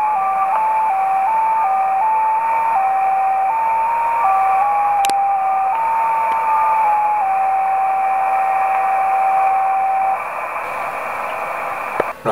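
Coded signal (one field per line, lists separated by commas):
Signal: JT65, JT9 or WSPR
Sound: a single thin tone hopping slowly between nearby pitches for ten seconds, over hiss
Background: radio static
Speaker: 10 meter band there's your frequency those little tones you can hear there that's jt65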